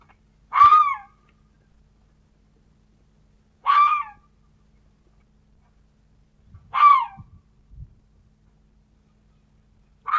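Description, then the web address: Fox calling with harsh barks about every three seconds, each with a slight falling tone, and soft knocks in the background. "glos lisy dla dzieci"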